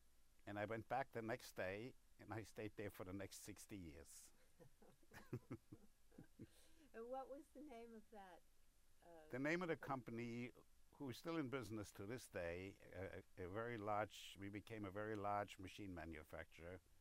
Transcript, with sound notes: And I went back the next day, and I stayed there for the next sixty years.
(Both chuckle) And what was the name of that?
The name of the company, who is still in business to this day, we became a very large machine manufacturer,